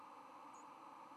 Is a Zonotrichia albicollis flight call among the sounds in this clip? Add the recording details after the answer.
no. Another species' flight call is heard. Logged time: 04:37 on 6 November 2014